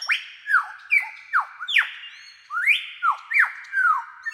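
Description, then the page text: Superb lyrebird song, a series of loud ringing whistles, many sweeping sharply, delivered in quick succession. "Большая птица-лира - Superb Lyrebird (Menura novaehollandiae)"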